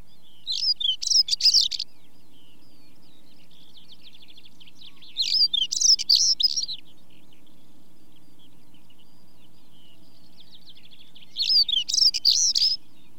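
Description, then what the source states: Stonechat song: three short scratchy twittering phrases spaced several seconds apart, over faint background chirping of other birds. Stonechat song recorded in Britain, with chaffinch and skylarks singing in the background.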